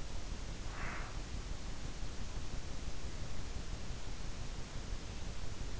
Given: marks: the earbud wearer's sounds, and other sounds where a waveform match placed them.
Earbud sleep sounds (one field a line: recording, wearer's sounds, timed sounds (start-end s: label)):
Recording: sounds in sleep by an in-ear microphone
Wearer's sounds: breath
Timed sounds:
0.67-1.32 s: breath